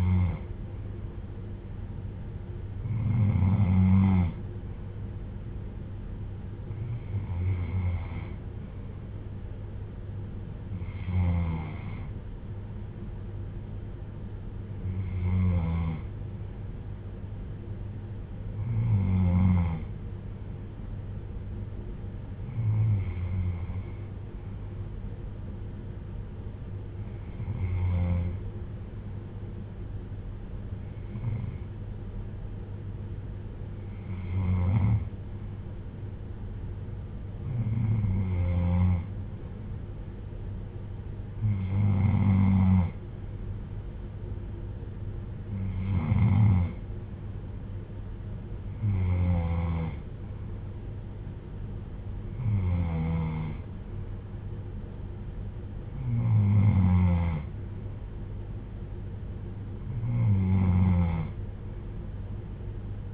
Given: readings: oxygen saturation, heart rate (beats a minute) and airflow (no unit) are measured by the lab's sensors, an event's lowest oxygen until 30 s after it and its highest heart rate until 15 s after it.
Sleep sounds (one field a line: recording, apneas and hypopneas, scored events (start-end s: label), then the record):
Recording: breathing in sleep by a smartphone at the bedside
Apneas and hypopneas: none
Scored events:
none scored
From the record:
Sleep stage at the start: N3 (deep sleep)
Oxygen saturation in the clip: 93 to 95%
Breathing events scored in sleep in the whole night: 310 in 8.1 hours asleep